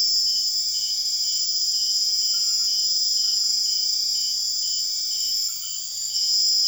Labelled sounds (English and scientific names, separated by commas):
none